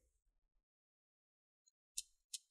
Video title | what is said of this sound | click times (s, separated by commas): Dell G3 17 Gaming 🚩 P35e003 💻 SSD m.2 HDD Upgrade | those clicks and once you hear those clicks just stop right there | 2.0 s, 2.3 s